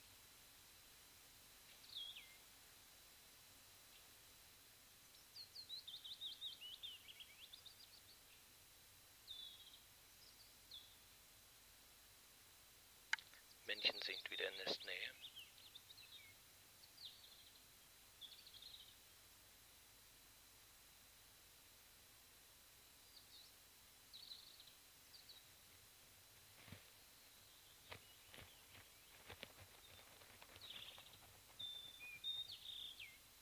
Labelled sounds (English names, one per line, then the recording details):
Willow Warbler
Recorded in the wild
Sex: pair
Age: adult
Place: Spitzberg, Tübingen, Baden-Württemberg, DE
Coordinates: 48.5167, 9.01667
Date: 1968-05-09
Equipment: Kapselmikrophon, LGS26
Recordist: Schneider, Hans-Joachim